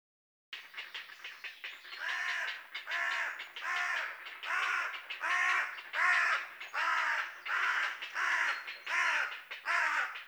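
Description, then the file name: Carrion crow delivering a steady series of harsh caws, each arched and grating, repeated a little more than once a second after a moment of silence. "Corvus corone"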